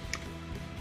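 A plastic shoulder armor piece on a large Black Mamba BMB LS10 Storm Pioneer robot toy, an oversized KO of Transformers SS12, is swung out and clipped onto the arm during transformation. A single sharp plastic click sounds at 0.1 s over a steady tonal, music-like background. The shoulder part is seated in place.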